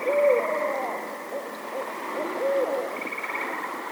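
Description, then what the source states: Barred owl hooting: a few short, slightly bending hoots spread throughout, over a steady background drone. Recorded on 18 May 2008.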